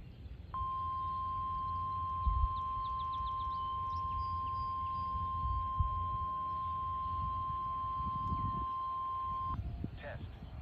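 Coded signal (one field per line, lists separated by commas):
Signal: Emergency Alert System (SAME) tones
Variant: 1050 Hz attention tone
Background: speech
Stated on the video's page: NWS EAS tones accompanying a Whelen WPS-4004 siren drill.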